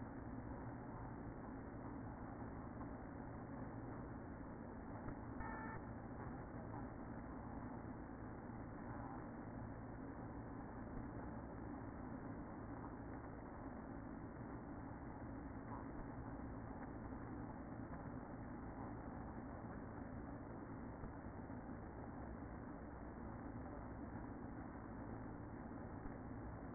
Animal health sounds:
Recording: honeybee colony, microphone inside the hive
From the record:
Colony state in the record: queen present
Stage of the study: after two queens were removed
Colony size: about 60,000 bees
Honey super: yes

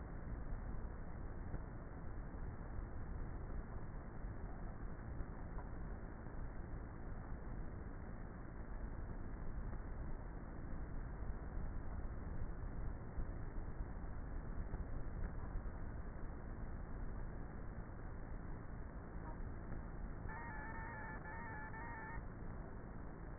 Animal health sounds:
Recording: honeybee colony, microphone inside the hive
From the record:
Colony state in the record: queenless with a low population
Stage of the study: before two queens were removed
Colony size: about 30,000 bees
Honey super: no

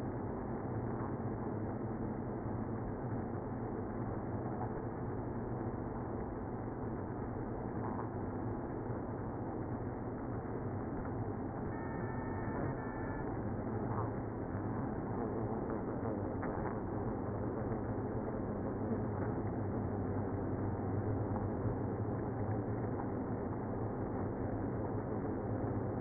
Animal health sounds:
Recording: honeybee colony, microphone inside the hive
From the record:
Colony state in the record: queenless (queen removed)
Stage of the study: after two queens were removed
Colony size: about 60,000 bees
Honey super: yes

